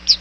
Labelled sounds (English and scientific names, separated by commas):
Chestnut-sided Warbler (Setophaga pensylvanica) flight call